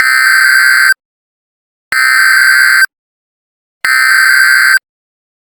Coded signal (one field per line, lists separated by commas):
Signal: Emergency Alert System (SAME) tones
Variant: header bursts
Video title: FOUND FOOTAGE:EAS Emergency Action Termination (9-17-00) BLOOD MOON